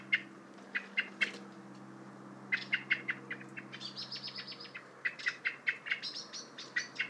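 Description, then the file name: Common blackbird chinking in stuttering runs while a higher, thinner bird call repeats over it. "Turdus merula"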